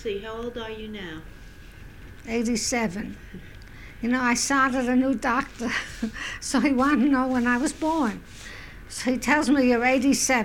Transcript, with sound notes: How old are you now?
Eighty-seven. You know, I started a new doctor. ( she laughs ) So he wanted to know when I was born. So he tells me, "You're eighty-seven."